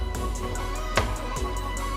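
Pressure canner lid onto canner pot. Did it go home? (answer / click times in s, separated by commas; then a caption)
yes / 1.0 s. A metal pressure canner lid, with its arrow marks lined up with the pot body, is twisted onto the canner pot until it locks. One short, sharp click at 0.97 s sounds over background music, and the lid is locked in place.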